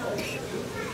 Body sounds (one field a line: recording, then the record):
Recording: coughing mixed with background sound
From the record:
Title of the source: 64 coughing, allergies, singing lungs